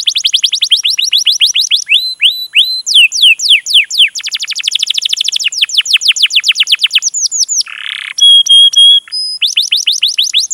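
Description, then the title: Canary song, rapid chirp trills changing pace, sweeping notes, a short rough buzz, then clipped steady tones and quick chirps again. Lure recording played to prompt canaries to sing, a long continuous energetic (gacor) song used as a master tutor. "PANCINGAN Kenari GACOR PANJANG. Pancingan Gacor Masteran"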